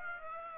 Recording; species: mosquito wingbeat signal from an infrared sensor; Aedes aegypti